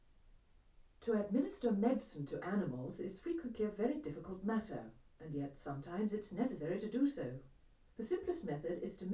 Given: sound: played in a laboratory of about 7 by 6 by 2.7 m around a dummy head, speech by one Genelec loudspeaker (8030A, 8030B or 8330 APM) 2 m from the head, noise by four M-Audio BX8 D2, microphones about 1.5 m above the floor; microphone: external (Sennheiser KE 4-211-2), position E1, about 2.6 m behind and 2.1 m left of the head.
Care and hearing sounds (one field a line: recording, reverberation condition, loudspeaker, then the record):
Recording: female speech in English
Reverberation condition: low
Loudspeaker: 150 degrees to the right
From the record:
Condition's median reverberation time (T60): about 310 ms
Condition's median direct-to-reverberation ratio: about 3.5 dB